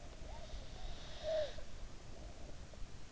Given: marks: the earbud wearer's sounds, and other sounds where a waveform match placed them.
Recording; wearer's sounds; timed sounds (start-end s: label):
sounds in sleep by an in-ear microphone; snoring breath
0.01-3.12 s: snoring breath